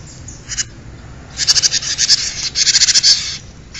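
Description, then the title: Bird song: after a brief faint note, two bursts of rapid, harsh, high-pitched chattering notes, each just under a second long. "kikicau"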